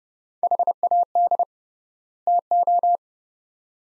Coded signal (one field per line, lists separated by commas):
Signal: Morse code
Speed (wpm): 30 wpm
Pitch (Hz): 700 Hz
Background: none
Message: HAD TO